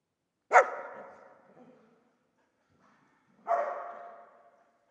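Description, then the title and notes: Dog barking: two single sharp barks about three seconds apart, each trailing off with a long echoing decay. Old dog trapped in the pool basin of the decaying Palais El Glaoui courtyard, Fès, Morocco; full sun, circling, rising on hind legs to bark at visitors; recorded with Zoom F3 and ORTF microphone. "Fès, Fès-Meknès, Maroc - le chien du palais El Glaoui. Dans la cour du palais (en décrépitude avancée), un vieux chien est "prisonnier" dans le bassin/piscine. Il se dresse sur ses pattes arrières pour entrevoir quelques secondes ce qui se passe dans la cour et "invective" les visiteurs de ses aboiements. JF CAVRO"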